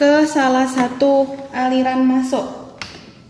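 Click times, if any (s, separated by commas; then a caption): 2.8 s. A flexible quick-connect hose coupling from the PSV is pushed onto one of the inlet lines of a lab process-control rig while someone talks. A sharp click is heard at 2.8 s as the coupling seats on the inlet port.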